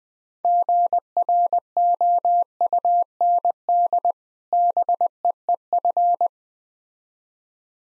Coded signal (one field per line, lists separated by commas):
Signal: Morse code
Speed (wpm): 20 wpm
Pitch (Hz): 700 Hz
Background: none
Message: GROUND BEEF